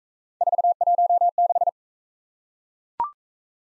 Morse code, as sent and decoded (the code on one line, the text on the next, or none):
....- .---- -....
416